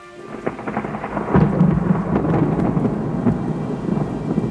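Steady, heavy rain hisses and patters continuously with scattered sharper drops, over a deep rumble that swells after the first second and then holds, on a Sunday morning at the church forecourt in Châtenay. No voices.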